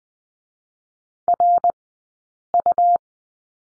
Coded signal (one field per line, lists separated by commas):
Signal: Morse code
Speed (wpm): 20 wpm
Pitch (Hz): 700 Hz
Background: none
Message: RU